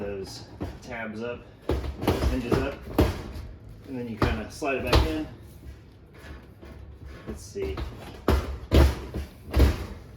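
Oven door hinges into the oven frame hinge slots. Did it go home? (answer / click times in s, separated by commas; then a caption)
no / none. Someone talks while the door of a GE gas oven is handled with its hinge tabs up, sliding it back onto its two hinge arms toward the slots in the oven frame. Dull handling knocks and thumps sound throughout. Nothing has caught or seated yet.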